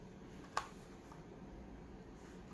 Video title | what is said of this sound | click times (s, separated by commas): GE Dishwasher Repair - Replacing the User Interface Control Board | once it's snapped into place then we're ready to reinstall this in the inner panel | 0.6 s